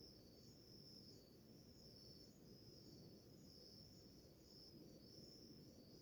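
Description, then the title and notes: Cricket chorus of high, rhythmically pulsing chirps, with steady low-pitched background noise underneath. Early morning in a village in the middle of the Mata Atlântica rainforest; a chorus of crickets. "a symphony of crickets in a relaxing morning in a village in middle a Mata Atlântica rainforest"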